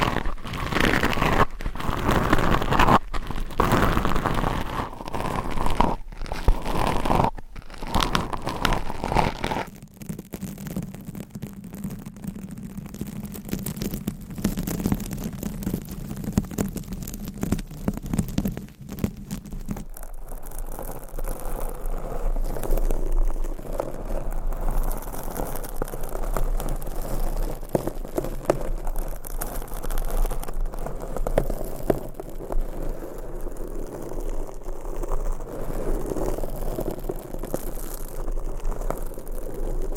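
Long nails tap and scratch. The first ten seconds bring sharp, quick clicks at an irregular pace. After that come steadier, dense scratching and crinkly rustling, with a low hum under the middle stretch and softer, duller rubbing in the last twenty seconds.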